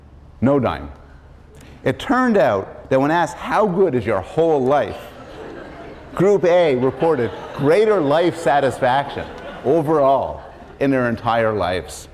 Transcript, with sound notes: no dime. It turned out that when asked "How good is your whole life?" [laughter] group A reported [laughter] greater life satisfaction overall in their entire lives.